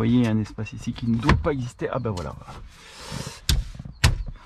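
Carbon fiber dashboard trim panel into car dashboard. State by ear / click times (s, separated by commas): seated / 3.5 s, 4.0 s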